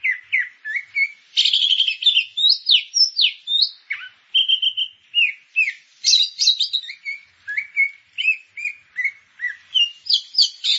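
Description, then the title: Grey-cheeked bulbul delivering long continuous song: rich slurred whistles, a few plunging notes, short trills and harsher chatter, steadily repeated for the whole stretch. "Kicau Burung Cucak Jenggot"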